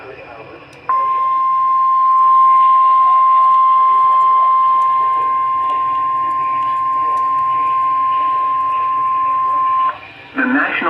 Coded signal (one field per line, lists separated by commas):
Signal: Emergency Alert System (SAME) tones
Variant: 1050 Hz attention tone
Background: speech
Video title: Some Strong To DESTRUCTIVE Storms with 60-80mph wind gusts... EAS Alerts From 7/28/23. (EAS 258-281)